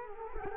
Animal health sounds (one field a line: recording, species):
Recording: mosquito wingbeat signal from an infrared sensor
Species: Culex quinquefasciatus